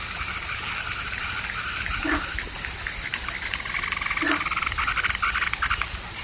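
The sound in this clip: Brown tree frog giving a rapid pulsed trill over a steady rushing, water-like background noise.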